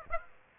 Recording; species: mosquito wingbeat signal from an infrared sensor; Aedes aegypti